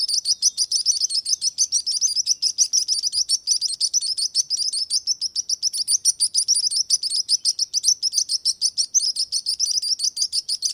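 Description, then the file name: Sparrows chirping in a dense, continuous chorus of rapid high tweets, several calls overlapping each second with no pauses. "Sparrow singing"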